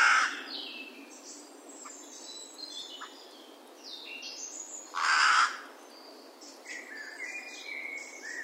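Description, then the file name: Carrion crow gives two rough caws several seconds apart, with thin songs and chirps of other birds filling the gaps. "Corvus corone"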